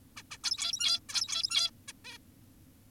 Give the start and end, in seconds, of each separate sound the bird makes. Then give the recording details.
0.17-0.23, 0.31-0.38, 0.44-1.00, 1.09-1.71, 1.88-1.93, 2.05-2.18. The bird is an adult. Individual g17y2U